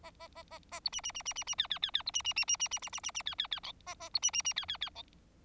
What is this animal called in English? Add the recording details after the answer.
Bengalese Finch. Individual Bird4